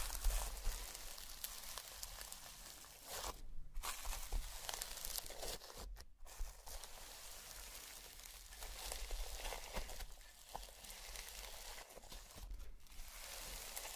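Slime and crayon sounds: a dense, crackly squishing texture that runs almost without pause, bright and hissy with a busy ripple of tiny pops. It breaks off briefly near 3.5, 6 and 12.5 seconds, then picks straight back up.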